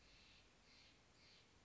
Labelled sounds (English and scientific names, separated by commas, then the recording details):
Steller's Jay (Cyanocitta stelleri)
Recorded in Sonoma County, California